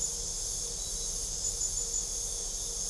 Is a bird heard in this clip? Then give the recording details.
no. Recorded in pastures near Puerto Asís, Putumayo, Colombia, on 26 December 2024 at 22:00. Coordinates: 0.497, -76.327. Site G088